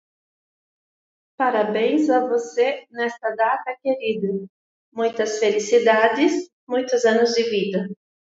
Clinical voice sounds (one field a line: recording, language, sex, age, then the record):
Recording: short text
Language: Brazilian Portuguese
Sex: female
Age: 40 to 49 years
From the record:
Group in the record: control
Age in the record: 45 years